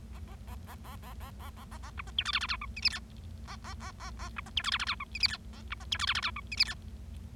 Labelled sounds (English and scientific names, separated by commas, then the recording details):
Bengalese Finch (Lonchura striata domestica) song
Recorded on 25 March 2012 at 17:01
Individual gy6or6